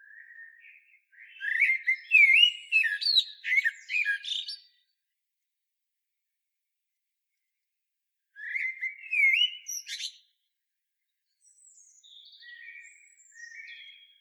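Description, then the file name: Common blackbird song: a loud rolling fluted phrase with high scratchy twitters, a long pause, a shorter warbled phrase, then faint high chirps. "Turdus merula"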